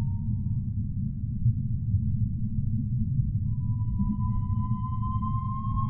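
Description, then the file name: Orca call: a brief steady tone at the start, then a long, slightly rising tonal call with faint higher harmonics over constant low rumbling water noise. "Whale Relax - Orca Sings"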